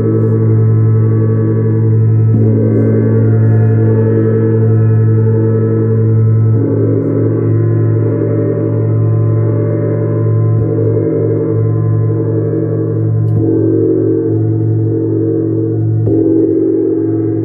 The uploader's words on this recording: Connect to the sounds of Venus Gong, Chiron Gong and Sacred Yoni Tibetan Singing Bowl.